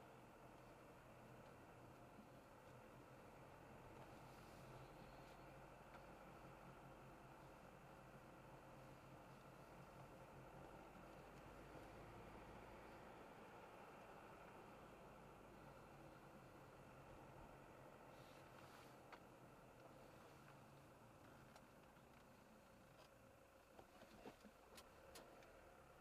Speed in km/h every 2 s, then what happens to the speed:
33, 34, 36, 35, 35, 39, 41, 35, 34, 30, 26, 9, 14.
0-8 steady at about 35. 8-12 speeds up to 41. 12-22 slows to 9.